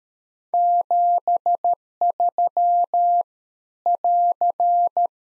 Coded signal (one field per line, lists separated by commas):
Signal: Morse code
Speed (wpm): 13 wpm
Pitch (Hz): 700 Hz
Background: none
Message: 73 <AR>